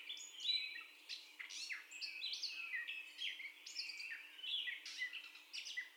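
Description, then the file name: Catbird song of jumbled scratchy and whistled phrases, some sweeping downward, given rapidly one after another with slight pauses. First song, recorded 30 May 2021. "2021-05-30 Catbird First Song"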